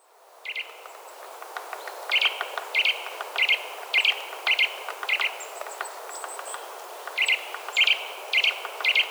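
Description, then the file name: Eurasian nuthatch repeating bright, emphatic piping notes roughly every half second to second, after a quiet start. "Sitta europaea"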